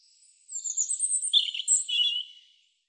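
European robin song, a thin, high, tumbling warble of quick varied notes lasting about two seconds, sliding between sweet whistles and twittering trills.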